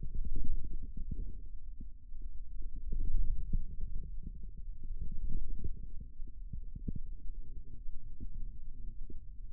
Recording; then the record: forearm muscle sounds (acoustic myography)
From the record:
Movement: wrist extension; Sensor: system 2, bracelet of six BSWA MPA416 microphones around the upper forearm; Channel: 6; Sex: male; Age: 22 years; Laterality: right